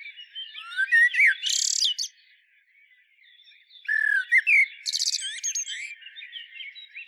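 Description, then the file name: Common blackbird singing two phrases, fluty low notes leading into a shrill, scratchy twitter, with a quiet gap between them. "Turdus merula"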